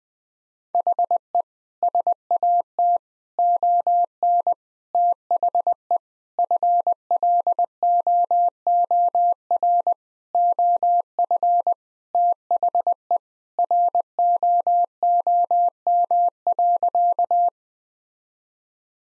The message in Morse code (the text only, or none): HE SAT ON THE FLOOR OF THE ROOM.